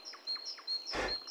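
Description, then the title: Tit song: high, clear two-note whistles alternating in pitch, repeated steadily, with short lower slurred notes between them and a brief burst of noise. "Ярмышко Л. - Аудиоэнциклопедия. Ñèíè÷êà-ãàè÷êà, ñèíè÷êà-ìîñêîâêà, áîëüøàÿ ñèíèöà"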